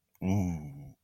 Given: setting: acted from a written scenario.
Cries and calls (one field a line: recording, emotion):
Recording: vocal sound without words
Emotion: desire